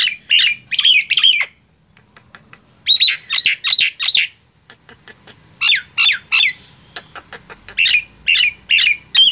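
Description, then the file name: Nias hill myna giving clusters of several loud squawky notes, separated by short quiet gaps. "suara jalak nias"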